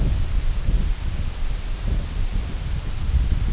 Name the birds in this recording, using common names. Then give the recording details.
none. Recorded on Arctic tundra, site IGLO-D, on 19 June 2018. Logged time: 14:00